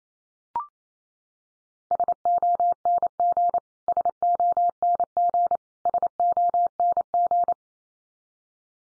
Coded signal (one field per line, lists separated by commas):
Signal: Morse code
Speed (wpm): 28 wpm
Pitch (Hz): 700 Hz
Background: none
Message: SONG SONG SONG